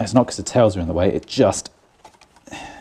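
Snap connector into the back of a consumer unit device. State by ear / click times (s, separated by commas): not seated / none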